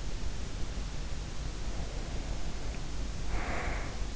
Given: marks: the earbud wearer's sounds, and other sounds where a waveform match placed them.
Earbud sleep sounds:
sounds in sleep by an in-ear microphone; snoring breath
1.52-4.07 s: snoring breath

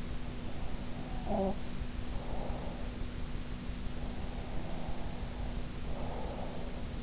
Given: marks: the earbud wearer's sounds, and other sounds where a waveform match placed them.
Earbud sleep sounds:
sounds in sleep by an in-ear microphone; breath
0.15-3.16 s: breath
3.89-7.03 s: breath

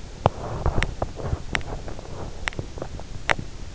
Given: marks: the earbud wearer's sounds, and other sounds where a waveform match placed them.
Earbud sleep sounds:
sounds in sleep by an in-ear microphone; teeth grinding
0.00-3.66 s: teeth grinding

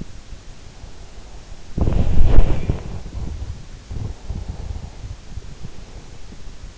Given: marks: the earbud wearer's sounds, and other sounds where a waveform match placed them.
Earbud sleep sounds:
sounds in sleep by an in-ear microphone; body movement, breath
1.58-3.58 s: body movement
3.88-6.36 s: breath

